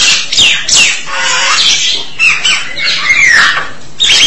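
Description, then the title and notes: Starling song: clear whistled slides and twangy notes broken by harsh, rasping phrases in a quick, varied sequence. "suara burung jalak"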